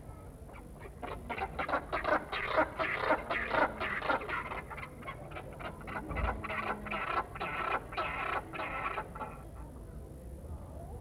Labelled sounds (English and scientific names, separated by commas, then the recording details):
Southern Rockhopper Penguin (Eudyptes chrysocome) call
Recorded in captivity
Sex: pair
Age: adult
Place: Tierpark Carl Hagenbeck, Hamburg, DE
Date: 1961-08-25 15:00
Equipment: Minifon, Kopie Smaragd
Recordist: Tembrock, Günter